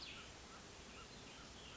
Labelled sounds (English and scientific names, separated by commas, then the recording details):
Cassin's Vireo (Vireo cassinii)
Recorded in Sonoma County, California